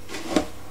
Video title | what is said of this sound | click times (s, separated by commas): Some SVD svd dragunov info | fold it down, and this thing here clicks into place and holds it in place. | 0.4 s